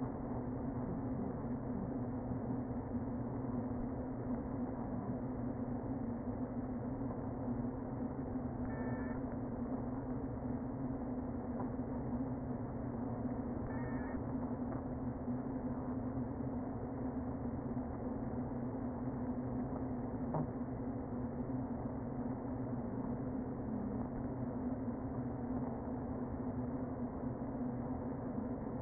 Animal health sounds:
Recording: honeybee colony, microphone inside the hive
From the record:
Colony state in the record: queen present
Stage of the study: before two queens were removed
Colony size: about 60,000 bees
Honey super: yes

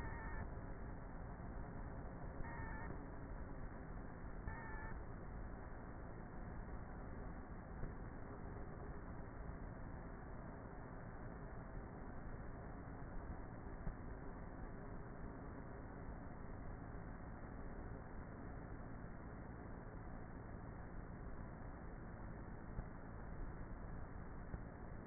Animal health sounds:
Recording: honeybee colony, microphone inside the hive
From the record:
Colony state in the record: queenless with a low population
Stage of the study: before two queens were removed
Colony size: about 30,000 bees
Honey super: no

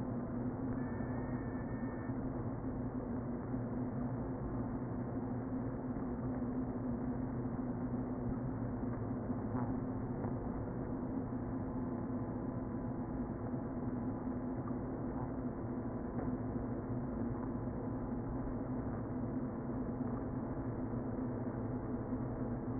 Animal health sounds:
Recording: honeybee colony, microphone inside the hive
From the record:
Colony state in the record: queen present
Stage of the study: before two queens were removed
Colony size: about 60,000 bees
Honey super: yes

